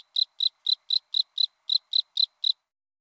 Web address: Crickets and Katydids Northern Spring Field Cricket, Gryllus veletis